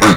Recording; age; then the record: pig call; piglet (1 to 25 days)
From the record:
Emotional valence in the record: positive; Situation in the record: reunion after long isolation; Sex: female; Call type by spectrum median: low-frequency call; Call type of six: low-frequency tonal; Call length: 0.17 s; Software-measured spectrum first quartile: 312 Hz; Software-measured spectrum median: 941 Hz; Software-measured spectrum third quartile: 2007 Hz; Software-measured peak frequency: 189 Hz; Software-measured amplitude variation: 73 dB a second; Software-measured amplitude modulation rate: 15.2 a second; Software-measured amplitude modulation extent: 4.8 dB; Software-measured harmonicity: 0.1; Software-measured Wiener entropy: -1.19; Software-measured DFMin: 1118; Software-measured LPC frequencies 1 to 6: 1263, 1921, 3650, 5679, 6979, 9092 Hz